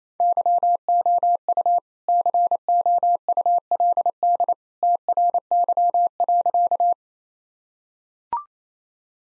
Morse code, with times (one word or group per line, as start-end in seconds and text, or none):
0.2-1.8 YOU
2.1-4.5 COULD
4.8-6.9 TRY.